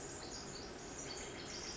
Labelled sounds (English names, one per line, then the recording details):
Pacific Wren
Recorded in Sonoma County, California